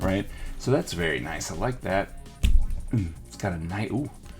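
A plastic cap is being handled and pushed toward a Sakura Pigma Professional brush pen body while someone talks throughout. Only faint handling noises sit under the voice, and the cap has not snapped on yet; nothing has seated or clicked in this clip.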